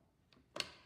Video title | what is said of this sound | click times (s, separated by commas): BZH_Main_Kinzig_Käse-Set | Und Sie haben es gehört, ein Klack und somit ist es fest verschlossen. | 0.6 s